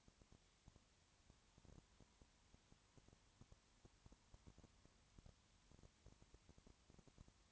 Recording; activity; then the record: daily activity, microphone in the room; no activity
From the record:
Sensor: 3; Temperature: 20.5 degrees Celsius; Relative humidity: 34.6%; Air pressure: 1001.0 hPa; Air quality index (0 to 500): 195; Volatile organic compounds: 6 ppm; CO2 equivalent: 1859 ppm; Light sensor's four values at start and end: 2/3/2/2 and 2/3/2/2